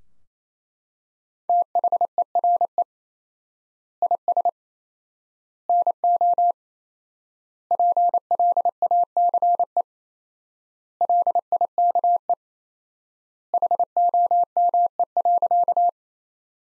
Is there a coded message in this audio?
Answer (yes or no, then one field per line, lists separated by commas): yes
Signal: Morse code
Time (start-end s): 1.5-15.9 s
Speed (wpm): 28 wpm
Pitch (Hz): 700 Hz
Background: none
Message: THERE IS NO PLACE LIKE HOME.